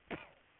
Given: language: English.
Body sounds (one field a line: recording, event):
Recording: throat vibration sensor signal played as sound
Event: cough